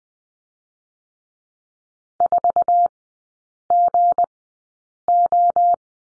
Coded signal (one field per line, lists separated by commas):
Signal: Morse code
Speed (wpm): 20 wpm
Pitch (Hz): 700 Hz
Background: none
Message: 4GO